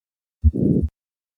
Hypertrophic Cardiomyopathy. Standing. This change in the systolic murmur of hypertrophic cardiomyopathy in response to squatting is the opposite of the change of purely valvular mitral regurgitation to this maneuver.